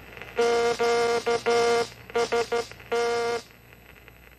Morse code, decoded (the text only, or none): QST